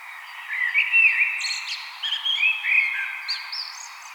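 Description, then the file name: Common blackbird singing a run of mellow, fluted warbled notes that slide and waver, each phrase ending in thin high squeaky twitters, with hardly a pause between them. "Turdus merula"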